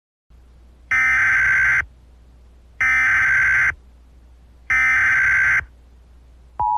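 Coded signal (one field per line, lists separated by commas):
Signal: Emergency Alert System (SAME) tones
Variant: header bursts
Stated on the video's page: Fictional analog-horror EAS scenario.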